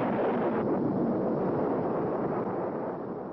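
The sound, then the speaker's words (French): The Sedan nuclear bomb test explosion, one of 928 United States nuclear tests in the Nevada desert about 100 km from Las Vegas, which created a crater 100 metres deep: a dense, continuous rumbling roar that holds steady and loud for about three seconds, easing off only slightly at the end, with no voices. “L'explosion de la bombe Sedan fait partie des 928 essais nucléaires menés par les États-Unis dans ce désert, situé à une centaine de kilomètres à peine de Las Vegas.”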